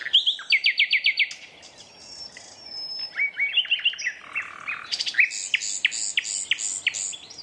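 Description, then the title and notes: Common nightingale song opening with a fast series of repeated notes, followed by swooping whistles and a high rapid rattle of sharp notes. Two competing males singing a duet at dusk in a dense thorn thicket, north Dorset countryside woodland, during the dusk chorus. "Sound Escape: An astonishing nightingale duet in a Dorset woodland. north Dorset countryside. a single nightingale starts to sing. another male. a competitive duet. BBC Countryfile Magazine's Sound Escapes"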